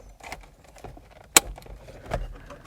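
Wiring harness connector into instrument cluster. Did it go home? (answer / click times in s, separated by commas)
yes / 1.4 s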